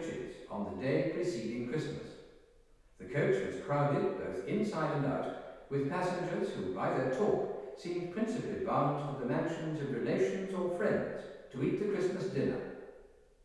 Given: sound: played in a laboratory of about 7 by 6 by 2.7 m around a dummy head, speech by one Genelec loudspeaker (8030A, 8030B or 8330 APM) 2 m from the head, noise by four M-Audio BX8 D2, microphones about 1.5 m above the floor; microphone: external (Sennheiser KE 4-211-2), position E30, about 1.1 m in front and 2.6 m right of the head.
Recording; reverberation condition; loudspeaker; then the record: male speech in English; high; 90 degrees to the left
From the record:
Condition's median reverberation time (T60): about 1300 ms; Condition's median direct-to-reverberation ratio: about -4.0 dB